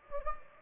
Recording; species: mosquito wingbeat signal from an infrared sensor; Anopheles gambiae